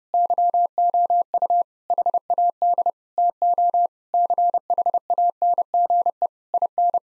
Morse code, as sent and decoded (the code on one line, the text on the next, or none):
-.-- --- ..- / .... .- -.. / - --- / -.-. .... .- -. --. . / .. -.
YOU HAD TO CHANGE IN